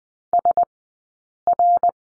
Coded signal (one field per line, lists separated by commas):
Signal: Morse code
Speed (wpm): 19 wpm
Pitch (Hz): 700 Hz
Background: none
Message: SR